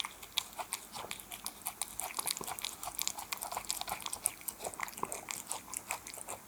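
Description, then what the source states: Cat eating, rapid wet smacking and chewing clicks repeated several times a second, steady throughout. Cat eating wet food.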